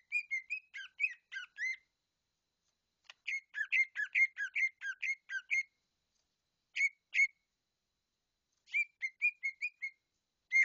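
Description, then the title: Leafbird singing short rapid phrases of bright whistled notes, separated by silent gaps of up to about two seconds. "CUCAK IJO"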